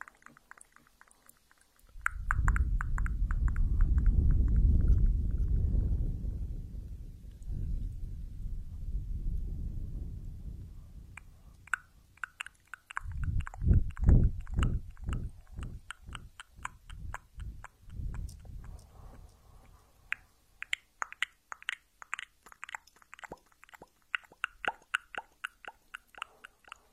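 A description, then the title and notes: Soft rubbing and rustling against a microphone, with a deep muffled rumble building from about two seconds and fading by eleven. A second low, rhythmic rubbing pass follows around thirteen seconds, then light crisp taps and crackles take over near the end. Super comfortable ear massage.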